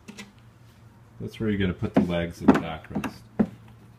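Someone talks while handling the plastic backrest legs that go into the four inserts on the seat of a ride-on toy junior golf cart. There is a brief sharp sound near 3.4 s, but nothing has seated or clicked yet.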